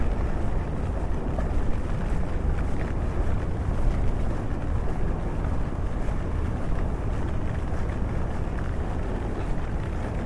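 A city walk in the rain: a steady, dense wash of patter and hiss runs the whole time without a break. A heavy low rumble like passing traffic or wind sits underneath, with small quick ticks scattered through the middle.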